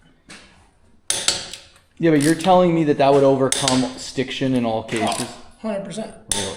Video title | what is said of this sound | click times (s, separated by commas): F150 brake job turned into a nightmare! | full star pattern, and then we just go in a circle, make sure it clicks. | 1.1 s